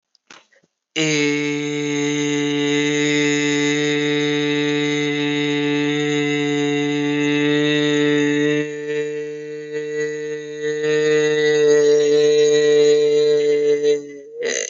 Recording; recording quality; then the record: sustained vowel as in made; excellent, no background noise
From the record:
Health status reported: exposed to COVID-19, no respiratory illness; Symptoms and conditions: none ticked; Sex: male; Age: 19 years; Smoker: not ticked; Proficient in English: yes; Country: India